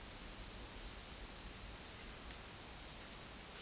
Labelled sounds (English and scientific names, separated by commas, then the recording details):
none
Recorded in dense forest near Puerto Asís, Putumayo, Colombia, on 4 March 2025 at 13:30
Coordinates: 0.499, -76.324
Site GP03